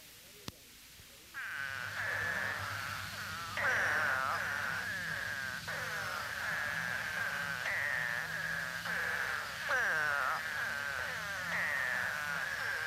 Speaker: Spadefoots usually call for only a few days following torrential rains.